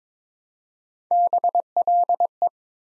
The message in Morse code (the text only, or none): BLE